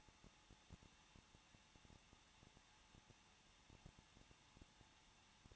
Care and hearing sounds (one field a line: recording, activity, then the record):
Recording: daily activity, microphone in the room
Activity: no activity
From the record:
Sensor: 1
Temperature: 20.1 degrees Celsius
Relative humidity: 39.4%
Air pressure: 1006.4 hPa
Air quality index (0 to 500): 219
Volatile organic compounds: 81 ppm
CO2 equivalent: 3616 ppm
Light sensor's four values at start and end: 1/2/1/1 and 1/2/1/1